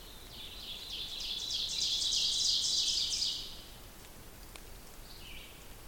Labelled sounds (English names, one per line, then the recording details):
Ovenbird song
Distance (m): 35 m
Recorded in boreal forest in Alberta, Canada, on 2 June 2016 at 08:18
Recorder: SongMeter 3, array SBT-3-7
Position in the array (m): 23 m, 135 m
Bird 4